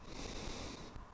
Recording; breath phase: one breath near a microphone; exhalation